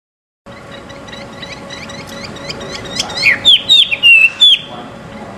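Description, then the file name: Chinese hwamei song: faint quick chirping notes at first, then a few loud, clear, sweeping whistles near the end over a soft steady hum. Recorded at a bird gathering. "audio gathering hwamei. omkicau"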